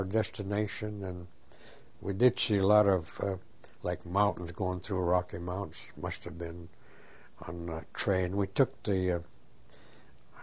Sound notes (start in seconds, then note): none